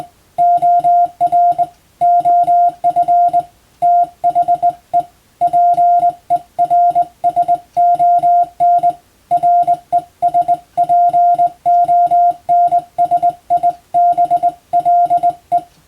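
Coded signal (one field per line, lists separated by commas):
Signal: Morse code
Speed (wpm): 21 wpm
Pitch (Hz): 700 Hz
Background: music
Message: OR OF THE PERSON RESPONSIBLE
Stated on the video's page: Morse practice for the Japanese radiotelegraph operator exam, recorded on the amateur bands.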